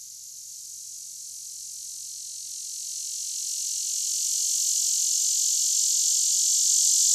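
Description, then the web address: Lyric cicada song, a sustained shrill drone that swells steadily louder from start to finish, with a faint low hum in the background. North America. "Songs of Insects. Lyric Cicada"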